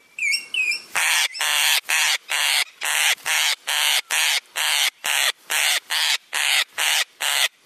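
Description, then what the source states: Parrot calling: a few quick whistled chirps, then harsh rasping squawks repeated steadily, about two every second. Rural Western Australia.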